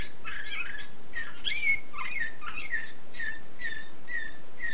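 Canary song: quick run of warbled chirps and sweeping whistles, then evenly spaced repeated notes to the end, against low steady hiss.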